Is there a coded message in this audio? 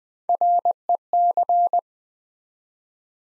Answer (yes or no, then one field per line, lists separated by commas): yes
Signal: Morse code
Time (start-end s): 0.3-1.8 s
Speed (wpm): 20 wpm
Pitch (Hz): 700 Hz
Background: none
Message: REC